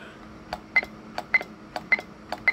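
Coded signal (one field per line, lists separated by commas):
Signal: roger beep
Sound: mic key clicks, each followed by a brief high beep, four times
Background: quiet room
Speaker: so you just key the mic Roger beep a little Roger beep you can turn on and off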